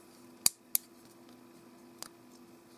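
Plastic parts are pressed into the feet of a small Transformers Prime Legends Air Vehicon robot toy during its transformation. Two sharp, bright clicks are heard at 0.5 s and 0.8 s, followed by a fainter tick near 2.0 s. The parts snap and seat firmly in the feet.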